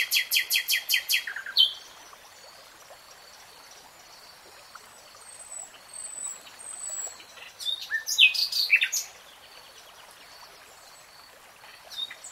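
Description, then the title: Nightingale song opening with a fast series of loud repeated notes, a quiet stretch with faint high whistles, then a jumble of rich chirps. Singing, in a 3-hour real-time recording. "[Tiếng chim hót] 3 Hours REALTIME Nightingale Singing"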